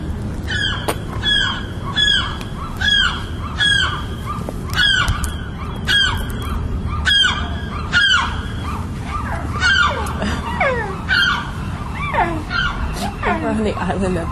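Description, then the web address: Bird calls: harsh, sharp notes repeated about once a second, with more birds overlapping toward the end, over a low rumble. "mellamella Birdsong"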